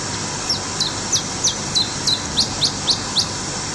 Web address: iberian chiffchaff